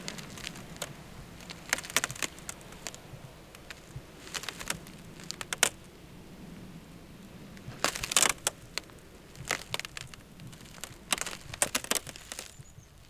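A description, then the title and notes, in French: A frozen lake creaks and cracks, with sharp clicks and snaps scattered irregularly across the clip, clustering around two, five to six, eight, and eleven to twelve seconds. Beneath them runs a low, steady murmur, with faint crackling filling the gaps. Lac Gelé. Silences poudreux et cristaux en apesanteur, dans l'épaisseur vibrante d'un moment au bord d'un lac dans le Jura. Là où même la glace se plie à la morsure du froid et se fend des chants les plus étranges, au rythme des bulles qui s'échappent.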